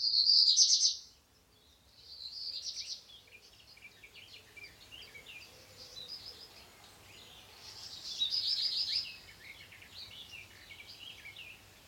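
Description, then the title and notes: Black redstart song: a bright high warbled burst followed by a dry, scratchy crackling trail, repeated after a long pause. Nimble flycatching bird; individuals sometimes chase one another in flight. "Zwarte roodstaart Phoenicurus ochruros Hausrotschwanz Rougequeue noir"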